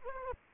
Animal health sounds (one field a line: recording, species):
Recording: mosquito wingbeat signal from an infrared sensor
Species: Culex quinquefasciatus